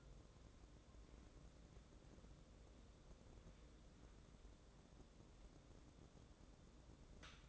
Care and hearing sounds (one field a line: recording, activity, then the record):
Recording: daily activity, microphone in the room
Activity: wipe stove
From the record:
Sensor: 3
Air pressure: 1012.3 hPa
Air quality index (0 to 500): 175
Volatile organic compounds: 3 ppm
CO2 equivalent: 1337 ppm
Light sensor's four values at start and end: 602/1494/618/633 and 601/1493/617/632